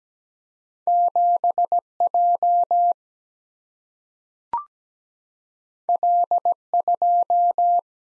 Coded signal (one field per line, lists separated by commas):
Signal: Morse code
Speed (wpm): 17 wpm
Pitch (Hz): 700 Hz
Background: none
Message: 7 J L 2